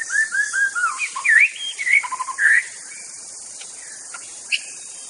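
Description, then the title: White-rumped shama song: a run of downslurred whistles, then twisting sweet notes and short trills, ending in quiet insect hiss with a single click. Wild bird from forest. "Suara burung murai batu asli hutan"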